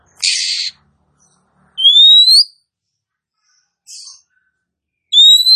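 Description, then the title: Oriental magpie-robin calls: a harsh buzzy burst, then a loud rising whistle with bright overtones, a softer rasp, and another rising whistle. Female call, used as a lure to provoke males to fight. "Kacer Langsung Tarung Konslet KACER NGOTOT FULL TEMBAKAN. KACER MANAPUN DIJAMIN NYAUT TIDAK PAKEK LAMA DENGAN PIKAT SUARA KACER BETINA INI"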